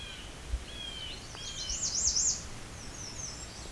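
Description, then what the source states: Nashville Warbler singing a burst of high, zigzagging notes that drop into a brief faster series, with steady whistled notes just before. Heard in a very quiet natural area of Bruce Peninsula National Park, near Johnson Harbor and Pine Tree Point, around the 2021 summer solstice.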